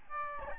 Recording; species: mosquito wingbeat signal from an infrared sensor; Aedes albopictus